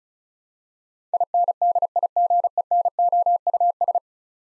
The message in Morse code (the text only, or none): INDIGENOUS